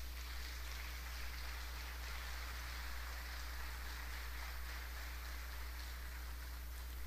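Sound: audience applauding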